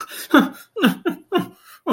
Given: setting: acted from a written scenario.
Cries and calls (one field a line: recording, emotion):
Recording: vocal sound without words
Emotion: fear